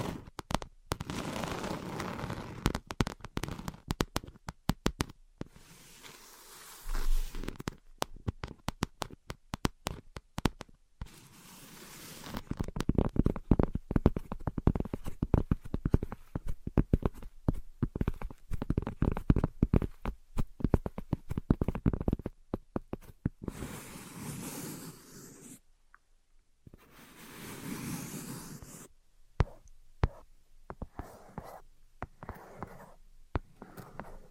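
Tapping and scratching in dense, irregular bursts, with brief silent gaps near 7, 26 and 30 seconds and a steady low hum underneath.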